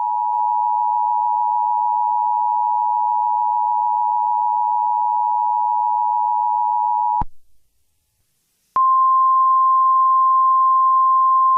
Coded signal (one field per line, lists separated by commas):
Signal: Emergency Alert System (SAME) tones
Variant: 853 and 960 Hz attention tone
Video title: Creepy EAS Mock: Do Not Go to Sleep Tonight